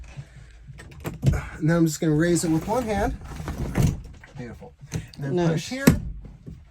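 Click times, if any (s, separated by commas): none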